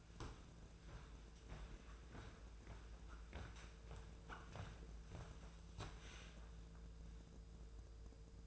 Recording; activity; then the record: daily activity, microphone in the room; walk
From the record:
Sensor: 2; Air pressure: 1005.5 hPa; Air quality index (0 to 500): 102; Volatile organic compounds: 2 ppm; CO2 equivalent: 1236 ppm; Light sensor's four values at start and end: 8/20/8/8 and 5/11/5/5